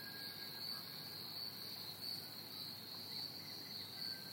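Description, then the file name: Crickets chirping in a steady high trill. "pied butcherbird and crickets chirping"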